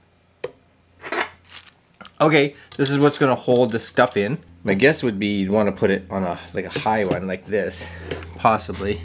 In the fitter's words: should be just turn and it snaps into place but it's got a good snap you know it's like